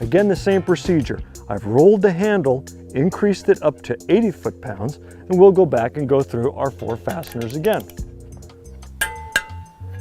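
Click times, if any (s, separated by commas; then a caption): 9.4 s. Someone talks over background music while steel threaded fasteners are tightened with a click-type torque wrench set to 80 foot-pounds, and a few faint ticks are heard around 8.3 to 8.8 seconds. At 9.4 seconds the wrench gives one sharp click as it reaches the setting, which can also be felt in the handle, confirming the fasteners are tightened to the 80 foot-pound specification.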